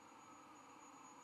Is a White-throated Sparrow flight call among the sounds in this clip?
no